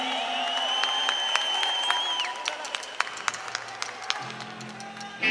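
An audience breaks into loud applause for the women present at a live show, with high whistling and cheering over the clapping at first; then the applause thins out into scattered individual claps before a sudden swell of sound at the end.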